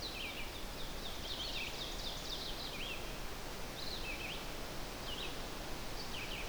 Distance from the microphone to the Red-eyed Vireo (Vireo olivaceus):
about 55 m